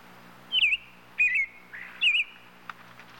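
Robin calling three quick, twisting whistled notes within two seconds, over a faint steady hum.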